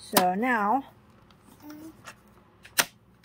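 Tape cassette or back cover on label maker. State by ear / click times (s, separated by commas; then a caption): seated / 2.8 s. Someone talks briefly, then a plastic part of a Brother P-Touch handheld label maker, either the fitted generic label tape cassette or its back cover, is pressed home. There is some faint handling, and a sharp click at 2.8 s confirms it has seated into place.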